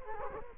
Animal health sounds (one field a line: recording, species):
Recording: mosquito wingbeat signal from an infrared sensor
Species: Culex quinquefasciatus